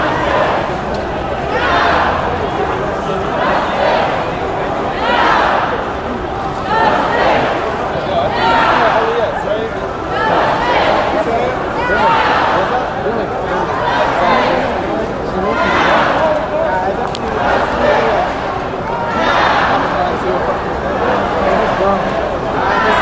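A peaceful protest in New York City, with a dense, constant wash of many voices. Louder surges come in a steady rhythm about every two seconds, like a crowd chanting together, over a low continuous rumble.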